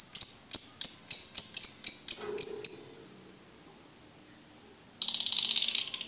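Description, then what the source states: Lovebird chatter of quick, sharp, high notes for about three seconds, followed by silence and then a harsh buzzy burst. Training recording for birds to learn the ngekek song style.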